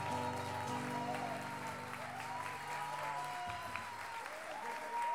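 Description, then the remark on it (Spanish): An audience applauds Rodrigo Núñez at the close of a verse contrapunto duel at the CUT headquarters, 28 July 2019, a dense wash of clapping at even loudness, with low sustained tones humming underneath during the first few seconds before fading out. “Aplauso a Rodrigo Núñez, les pide Luciano Aguad.”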